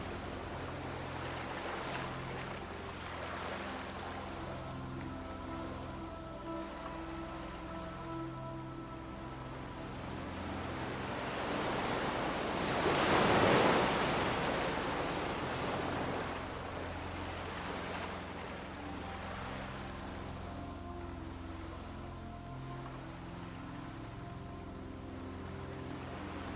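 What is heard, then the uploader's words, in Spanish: Heavy rain falls as a dense, steady hiss under soft music with sustained low tones that shift slowly. Around the middle, near thirteen seconds, a louder rushing swell rises and fades, like a gust or wave of water, then the even downpour continues. LLUVIA Abundante y MÚSICA Suave. El ritmo delicado de las gotas que caen, acompañadas de una música suave.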